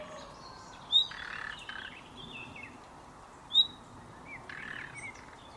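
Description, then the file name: Common nightingale calls: two sharp, high whistled notes about two and a half seconds apart, over a busy background of other chirping birds and lower buzzy calls. "Luscinia megarhynchos"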